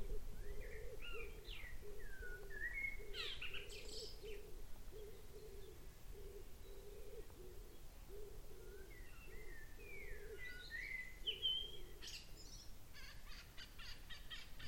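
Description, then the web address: Bird calls: short sweeping and slurred chirps early on and again around ten to twelve seconds, over a steady pulsed low hum and faint background noise, with a rapid series of clicks near the end. "cianscape. Deverinetal. Bird Only"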